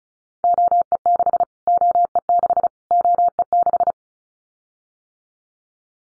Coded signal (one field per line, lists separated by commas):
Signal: Morse code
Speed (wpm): 34 wpm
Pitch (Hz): 700 Hz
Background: none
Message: OE6 OE6 OE6